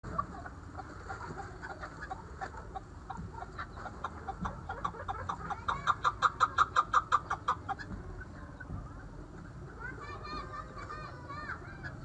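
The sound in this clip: Partridge calling, a series of sharp clucking notes that grow louder and faster into a rhythmic run, then stop, over steady background noise.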